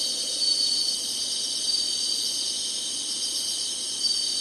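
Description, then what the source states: Insects trilling together in a constant high hiss-like chorus; a few short faint whistles break through now and then. Singing, in summer.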